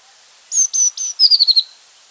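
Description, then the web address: Azure tit call: three long high thin whistles on one pitch followed by a fast descending series of five short buzzy notes. "wroblowe ptaki cyanistes cyanus"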